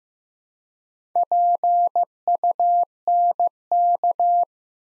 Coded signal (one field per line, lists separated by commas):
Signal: Morse code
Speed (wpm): 15 wpm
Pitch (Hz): 700 Hz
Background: none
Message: PUNK